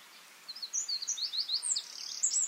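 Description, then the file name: Eurasian wren song, a rapid cascade of shrill notes and buzzy trills over a light background hiss. "Troglodytes troglodytes"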